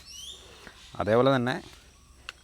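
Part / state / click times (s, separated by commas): lock switch in a retractable leash handle / seated / 2.3 s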